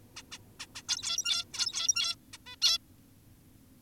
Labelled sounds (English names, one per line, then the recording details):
Zebra Finch
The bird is an adult
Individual g17y2U